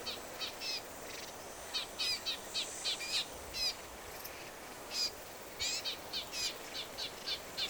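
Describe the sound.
Black-capped vireo song: short, high chattering notes in quick clusters, pausing briefly and starting again, over a steady hiss.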